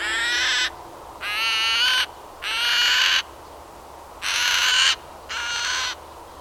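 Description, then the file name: Eurasian magpie loud harsh rattling chatter in five long grating bursts separated by short pauses, over quiet background. "Pica pica"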